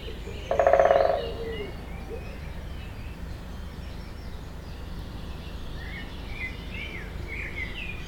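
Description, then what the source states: Woodpecker drumming near the start, a quick rattling roll of taps, followed by quiet with chirping birds. Binaural recording.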